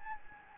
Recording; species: mosquito wingbeat signal from an infrared sensor; Anopheles gambiae